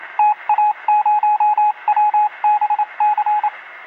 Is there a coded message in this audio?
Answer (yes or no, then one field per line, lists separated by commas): yes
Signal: Morse code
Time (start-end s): 0.2-3.5 s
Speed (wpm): 27 wpm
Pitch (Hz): 840 Hz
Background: radio noise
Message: TA0WBC